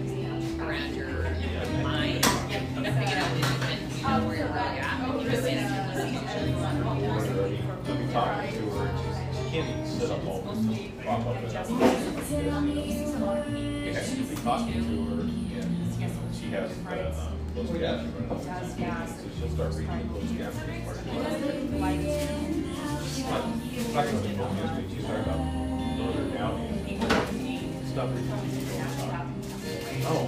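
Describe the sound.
Café sounds from a little drip coffee shop in eastern Seattle: steady overlapping chatter runs through the whole half minute with no pauses. A low, even hum sits underneath, and sharp clinks and knocks like cups or drawers pop up every few seconds.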